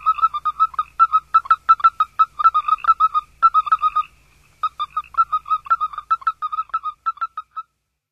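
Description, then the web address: Western toad chirping: quick series of soft, mid-pitched peeping chirps with harmonics, in two bursts separated by a short pause. North America. "Songs of Frogs Toads of North America. Western Toad"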